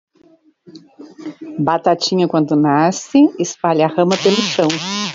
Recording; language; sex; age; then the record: short text; Brazilian Portuguese; female; 60 to 69 years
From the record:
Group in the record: control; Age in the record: 65 years